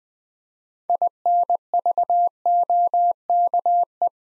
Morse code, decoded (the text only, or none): INVOKE